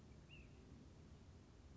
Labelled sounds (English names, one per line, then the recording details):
Ash-throated Flycatcher
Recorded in Sonoma County, California